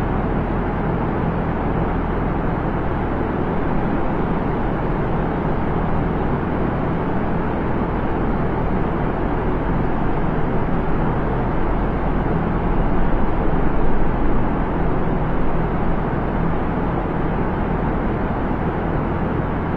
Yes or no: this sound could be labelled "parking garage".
yes